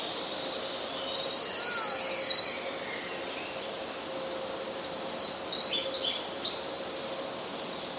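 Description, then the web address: Eurasian blue tit song: high notes running into fast trills, a quiet pause with a few scattered chirps, then the trilling phrase again. "wroblowe teka spiew. modraszkoteka"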